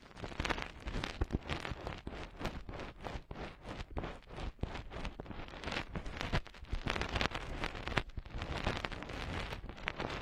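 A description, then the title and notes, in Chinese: A finger pokes and rubs inside an ear, making a dense, scratchy crackle with a constant low rumble underneath. Quick pops and thumps land several times a second for the whole ten seconds, uneven in strength, with no pauses. 用手指戳耳朵。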